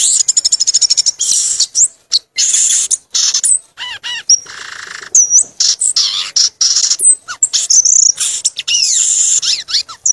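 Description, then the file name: Violaceous euphonia singing a long, varied medley of sharp chips, rapid stuttering trills and high slurred whistles, almost without pause. "canto do gaturamo verdadeiro"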